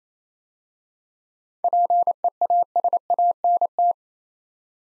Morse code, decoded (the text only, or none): PEASANT